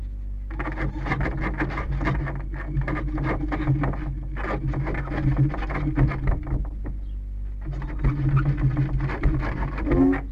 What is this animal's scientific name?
Vulpes vulpes